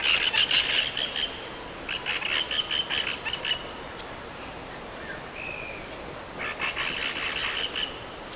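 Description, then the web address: Short-tailed Parrot giving rapid strings of harsh calls in several bursts, with a pause before the last run, over a steady high background hiss. Eastern lowlands of South America. "Natures Songs S America Eastern Lowlands 117 Short-tailed Parrot"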